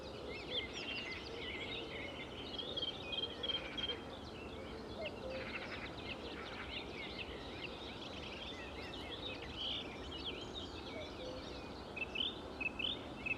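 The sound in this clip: Birds calling in a busy morning chorus, overlapping chirps and whistles throughout, over a soft steady background hiss.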